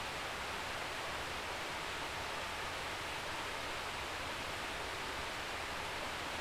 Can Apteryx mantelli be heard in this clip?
no